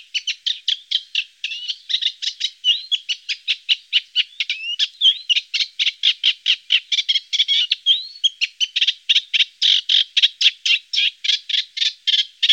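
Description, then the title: Eurasian reed warbler singing a long, unbroken chatter of grating notes, with some twice-repeated units and brief whistled slurs woven through the steady rhythm. Songbird from Germany, Austria, Switzerland. "Teichrohrsänger"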